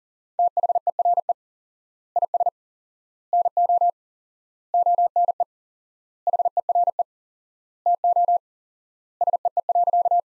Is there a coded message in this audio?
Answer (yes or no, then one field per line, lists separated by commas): yes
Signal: Morse code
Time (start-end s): 0.4-10.2 s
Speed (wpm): 40 wpm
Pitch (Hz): 700 Hz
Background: none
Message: THERE IS NO ONE HERE TO SEE.